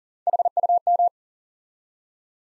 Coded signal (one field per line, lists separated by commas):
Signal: Morse code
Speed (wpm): 40 wpm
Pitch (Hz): 700 Hz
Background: none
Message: HUM